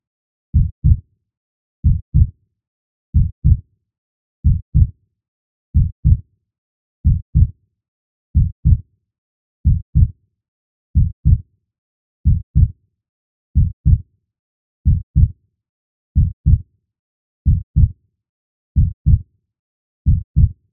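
Slow, steady paired low thumps, lub-dub, at about 46 beats a minute with a very even rhythm and silent gaps between beats. A clean heartbeat sound effect, with no added sounds between beats.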